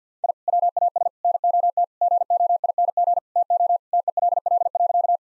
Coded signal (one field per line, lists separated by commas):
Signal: Morse code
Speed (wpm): 50 wpm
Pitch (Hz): 700 Hz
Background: none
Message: I WAS NOT GOING TO TELL.